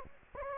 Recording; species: mosquito wingbeat signal from an infrared sensor; Anopheles gambiae